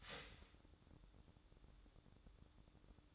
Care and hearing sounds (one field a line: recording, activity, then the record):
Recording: daily activity, microphone in the room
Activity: start toaster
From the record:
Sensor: 3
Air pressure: 1007.1 hPa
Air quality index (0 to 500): 56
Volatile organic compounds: 1 ppm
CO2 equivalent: 596 ppm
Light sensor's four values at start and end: 9/21/9/9 and 9/21/9/9